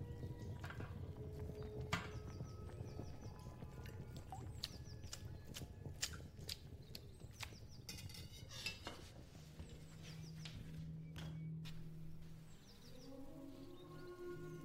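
A busy kitchen scene with a steady low rumble underneath and frequent sharp clinks and taps of utensils and dishes scattered throughout. Faint, distant music drifts in the background, and a sustained low hum rises near the end.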